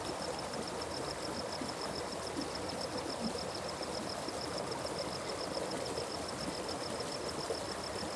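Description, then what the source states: Cricket chirping in a fast, even train of high pulses that runs steadily throughout, beneath a loud, constant rush of flowing water. Crickets in a forest by water, described as calm.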